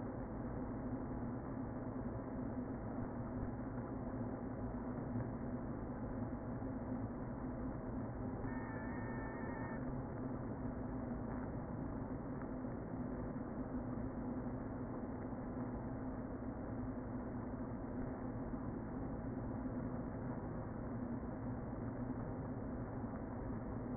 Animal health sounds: honeybee colony, microphone inside the hive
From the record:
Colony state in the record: queen present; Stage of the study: before two queens were removed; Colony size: about 60,000 bees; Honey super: yes

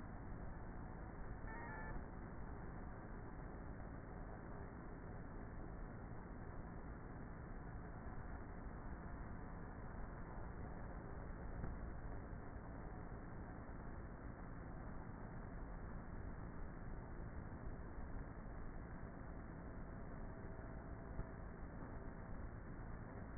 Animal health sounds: honeybee colony, microphone inside the hive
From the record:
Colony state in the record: queenless with a low population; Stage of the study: before two queens were removed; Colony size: about 30,000 bees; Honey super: no

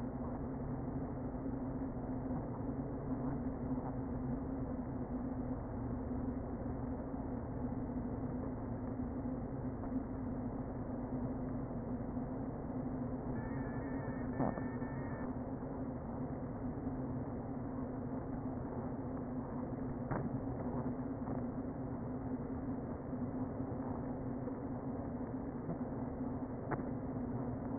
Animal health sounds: honeybee colony, microphone inside the hive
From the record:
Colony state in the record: queen present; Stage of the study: before two queens were removed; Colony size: about 60,000 bees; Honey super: yes

